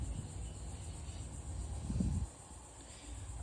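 A seat belt assembly piece for a 2005–09 Mustang convertible passenger seat is positioned and lined up with its mount, with a steady high-pitched hum and a soft low thump of handling around 2.0 seconds. Nothing has seated or clicked yet.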